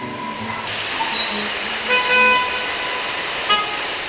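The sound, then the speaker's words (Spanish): Car horns honk over a steady wash of idling traffic in a Buenos Aires traffic jam, with a longer blare in the middle and a shorter toot near the end, as a man waits six and a half minutes at a street corner inside a car. “En la siguiente cinta se ha grabado las reacciones de un hombre al esperar 6 minutos y medio en una esquina dentro de un auto en un embotellamiento.”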